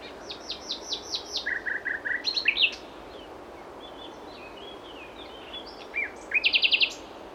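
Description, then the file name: Common nightingale song: a series of repeated swept notes, a run of lower chuckles, a brief pause, then a fast bright trill. "Luscinia megarhynchos"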